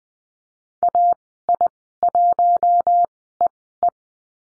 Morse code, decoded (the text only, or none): AI1EE